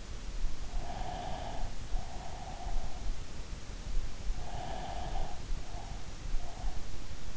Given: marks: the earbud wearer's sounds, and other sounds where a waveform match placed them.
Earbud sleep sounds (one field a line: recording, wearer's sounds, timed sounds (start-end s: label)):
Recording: sounds in sleep by an in-ear microphone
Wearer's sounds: breath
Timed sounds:
0.95-3.09 s: breath
4.32-6.90 s: breath